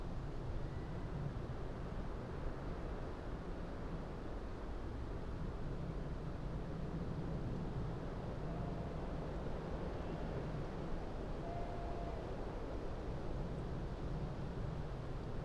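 Breeze moving through an upland fir forest makes a steady, dense, low rushing sound that holds at an even level the whole way through. Two faint, brief whistle-like tones rise above it, near the eight- and eleven-second marks.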